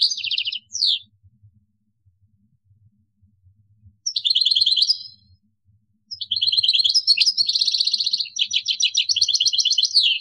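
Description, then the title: European goldfinch with short twittering phrases at first, a pause, a buzzy burst, then a long rapid sequence of tinkling, jangling notes to the end. "Chant Chardonneret"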